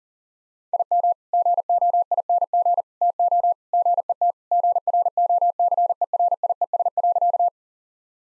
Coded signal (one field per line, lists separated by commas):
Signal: Morse code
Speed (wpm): 40 wpm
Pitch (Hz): 700 Hz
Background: none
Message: IM GOING TO GET GROCERIES.